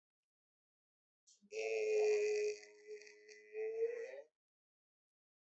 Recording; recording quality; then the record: sustained vowel as in made; excellent, no background noise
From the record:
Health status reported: exposed to COVID-19, no respiratory illness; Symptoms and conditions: diabetes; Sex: male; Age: 35 years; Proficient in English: yes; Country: India